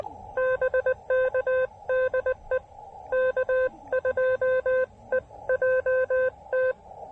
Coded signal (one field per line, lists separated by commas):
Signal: Morse code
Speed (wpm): 20 wpm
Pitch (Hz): 520 Hz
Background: none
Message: BKDE K2EJT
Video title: SOTA QRP DX with the Tufteln 20 Meter Delta Loop Antenna!